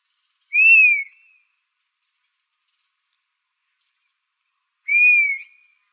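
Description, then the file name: Dusky-capped flycatcher repeating a sad, drawn-out whistle that slurs downward, two calls about four seconds apart with silence between them. Arizona, 15 July 2006. "DCFL 2 deviche"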